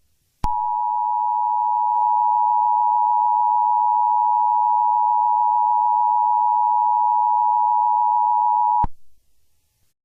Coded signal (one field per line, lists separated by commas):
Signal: Emergency Alert System (SAME) tones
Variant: 853 and 960 Hz attention tone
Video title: EAS scenario 2: whitty’s explosion